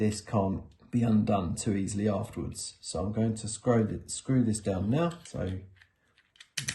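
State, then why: Seated. Someone talks, then the threaded metal skirt of a British-made Metalbrite SES 10mm E14 lampholder is screwed down onto the lampholder body. Its one-way ratchet tab clicks as it passes each tooth at about 6.4, 6.4, 6.6 and 6.7 seconds. The skirt seats and the one-way mechanism is shown to be working, so the skirt cannot be undone easily.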